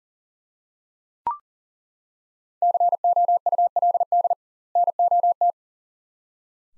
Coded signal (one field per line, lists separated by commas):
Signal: Morse code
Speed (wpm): 40 wpm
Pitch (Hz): 700 Hz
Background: none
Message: COULD NOT